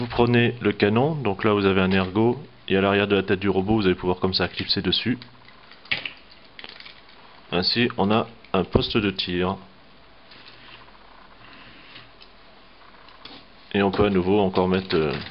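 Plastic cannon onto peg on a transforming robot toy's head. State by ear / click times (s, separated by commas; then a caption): seated / 5.9 s. A plastic cannon is pressed onto a peg on the back of a transforming robot toy's head while someone talks. It snaps into place with a sharp click at 5.9 s, followed by a few lighter plastic clicks and handling taps. The cannon ends up seated on the peg.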